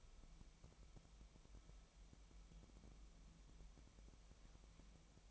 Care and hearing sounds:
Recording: daily activity, microphone in the room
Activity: wipe stove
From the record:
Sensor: 1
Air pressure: 1001.6 hPa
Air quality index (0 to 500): 218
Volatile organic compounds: 28 ppm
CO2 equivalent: 2906 ppm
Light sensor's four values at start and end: 8/29/10/11 and 8/29/10/11

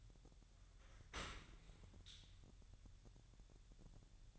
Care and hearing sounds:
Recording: daily activity, microphone in the room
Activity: open dishwasher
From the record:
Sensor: 3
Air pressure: 1000.5 hPa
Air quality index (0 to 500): 248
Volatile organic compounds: 174 ppm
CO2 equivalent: 4122 ppm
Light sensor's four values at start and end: 11/25/10/10 and 11/25/10/10

